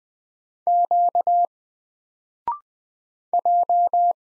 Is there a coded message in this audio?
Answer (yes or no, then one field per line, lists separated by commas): yes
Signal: Morse code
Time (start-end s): 0.7-4.1 s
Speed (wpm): 20 wpm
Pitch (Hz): 700 Hz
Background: none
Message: Q J